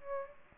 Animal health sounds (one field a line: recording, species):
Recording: mosquito wingbeat signal from an infrared sensor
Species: Aedes aegypti